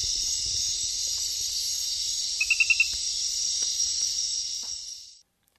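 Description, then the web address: Glass frog call: one quick series of four high pips against a continuous shrill insect chorus that stops abruptly near the end. Ecuadorian Amazon; unidentified centrolenid species 5. "Natures Songs S America Frogs of Ecuadorian Amazon centrolenid sp 5"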